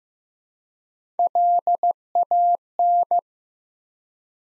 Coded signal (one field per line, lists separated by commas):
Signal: Morse code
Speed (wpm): 15 wpm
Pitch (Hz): 700 Hz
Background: none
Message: LAN